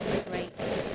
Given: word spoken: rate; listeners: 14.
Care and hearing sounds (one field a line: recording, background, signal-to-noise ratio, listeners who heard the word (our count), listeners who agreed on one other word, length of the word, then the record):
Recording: one English word in noise, from a listening test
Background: noise modulated by three-talker babble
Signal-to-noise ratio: -5.6 dB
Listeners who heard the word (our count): 1 of 14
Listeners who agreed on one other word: 6 of 14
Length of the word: 0.55 s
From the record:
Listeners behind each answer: 6, 3, 2, 1, 1, 1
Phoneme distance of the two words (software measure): 7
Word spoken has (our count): 1 syllable, 3 phonemes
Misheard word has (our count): 1 syllable, 4 phonemes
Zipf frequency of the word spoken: 4.85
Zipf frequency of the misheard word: 6.00